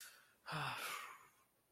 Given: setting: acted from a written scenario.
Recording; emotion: vocal sound without words; distress